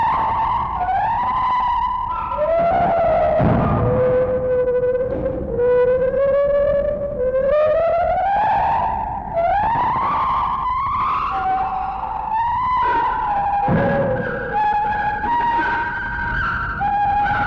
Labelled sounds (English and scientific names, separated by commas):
Lar Gibbon (Hylobates lar)